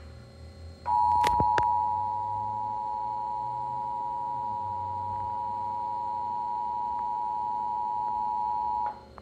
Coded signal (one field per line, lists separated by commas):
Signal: Emergency Alert System (SAME) tones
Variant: 853 and 960 Hz attention tone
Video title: Administrative Message "Silver Alert" EAS - Maricopa, AZ on August 25, 2025 4:44 PM MST